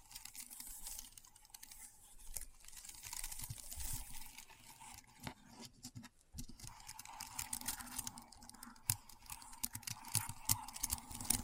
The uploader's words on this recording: ASMR Keyboard Sounds (No Talking).